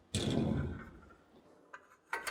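The back rail of a toy hauler's ramp-door patio is handled into the side rails of the ramp door. A loud knock rings out at about 0.1 s and fades, followed by a small tap at 1.7 s and another knock at 2.1 s. Nothing has seated yet: the rail is not locked in place by the end.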